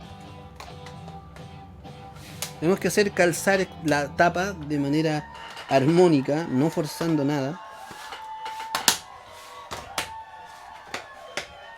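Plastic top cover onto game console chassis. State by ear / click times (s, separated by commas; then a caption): seated / 8.8 s, 8.9 s. Someone talks over background music while the plastic top cover of a PS4 is fitted back onto the game console chassis, pressed gently into place by pressure without forcing it. The cover snaps on with two sharp clicks at 8.8 s and 8.9 s, followed by a few lighter handling taps. The cover is seated.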